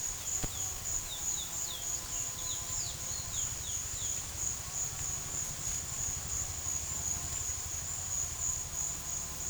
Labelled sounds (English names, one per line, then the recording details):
Chestnut-bellied Seed Finch
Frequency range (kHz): Chestnut-bellied Seed Finch 2.4-5.6 kHz
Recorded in secondary vegetation near Puerto Asís, Putumayo, Colombia, on 27 June 2025
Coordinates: 0.488, -76.319
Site G094